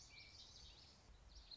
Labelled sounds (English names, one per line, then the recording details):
Common Yellowthroat
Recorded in Sonoma County, California